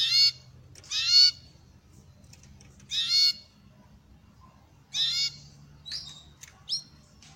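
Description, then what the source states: Belgian canary giving a few harsh, grating bursts, then two short chirps near the end. Copper-coloured Belgian canary song.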